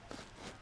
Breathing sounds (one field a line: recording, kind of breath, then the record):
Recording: one breath in and out by a microphone near the nose and mouth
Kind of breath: strong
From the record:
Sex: male